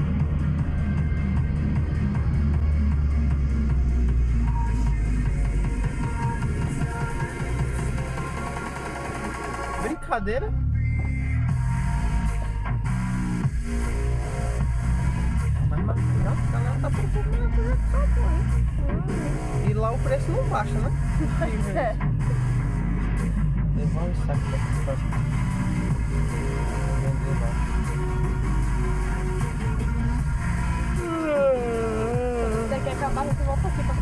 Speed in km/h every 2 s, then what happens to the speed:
50, 41, 30, 10, 0, 11, 10, 10, 15, 22, 31, 34, 35, 34, 28, 24, 12.
0-7 brakes to 0. 8-10 pulls away to 11. 10-15 steady at about 10. 15-23 speeds up to 35. 23-32 slows to 12.